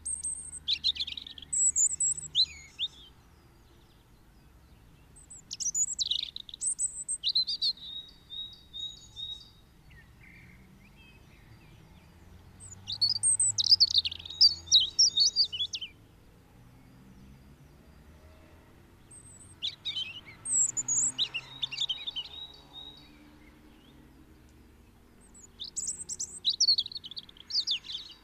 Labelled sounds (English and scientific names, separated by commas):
European Robin (Erithacus rubecula) song